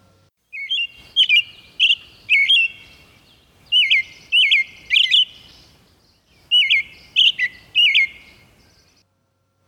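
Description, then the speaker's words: American robin song: clear, ringing, warbled phrases of three or four quick notes, repeated in bursts with short pauses. Ringing song; one of the first calls that birders in North America learn. "one of the first that birders learn in North America, the lovely ringing song of the American robin."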